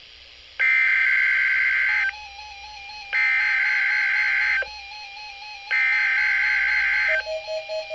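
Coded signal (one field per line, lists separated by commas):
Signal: Emergency Alert System (SAME) tones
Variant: header bursts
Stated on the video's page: Required weekly tests on NOAA Weather Radio.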